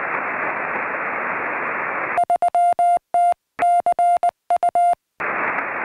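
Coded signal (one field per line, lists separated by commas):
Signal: Morse code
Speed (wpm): 20 wpm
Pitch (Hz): 700 Hz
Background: radio noise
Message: 3TCU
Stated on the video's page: CW contacts during a Summits on the Air activation, working the ham bands and seeking summit-to-summit contacts.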